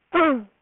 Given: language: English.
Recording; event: throat vibration sensor signal played as sound; throat clearing